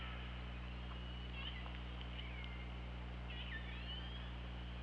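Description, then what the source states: Orca calls, a few brief warbling notes followed by a longer tone that dips and then rises, set against continuous low hum and hiss. Recorded on an OrcaLab hydrophone, 24 August 2017 at 21:12:22.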